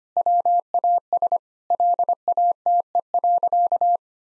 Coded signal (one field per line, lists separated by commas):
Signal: Morse code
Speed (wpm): 25 wpm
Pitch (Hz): 700 Hz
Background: none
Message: WAS LATE.